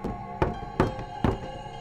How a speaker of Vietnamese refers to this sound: Cô ngủ không sâu, dường như chỉ chợp mắt một lúc, cô đã lại tỉnh bởi tiếng gõ cửa vang lên.